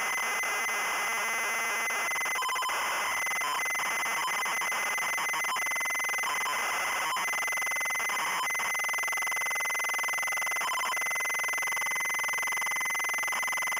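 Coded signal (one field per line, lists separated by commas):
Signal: ZX Spectrum tape loading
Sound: harsh continuous buzzing data screech with pitched tonal streaks and rapid stuttering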